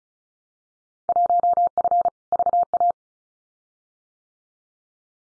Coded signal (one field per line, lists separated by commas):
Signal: Morse code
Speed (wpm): 36 wpm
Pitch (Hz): 700 Hz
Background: none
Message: 1F VA